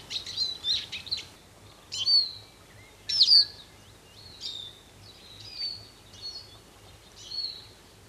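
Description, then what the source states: Eurasian siskin giving several high, twittering and slurred whistled notes. Presented by Riku Lumiaro on Yle as the week's nature sound; one of Finland's commonest winter birds; its song is described as a modest twitter.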